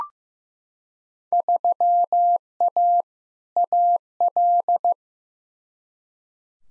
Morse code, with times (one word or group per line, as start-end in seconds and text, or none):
1.3-3.0 3A
3.6-4.9 AL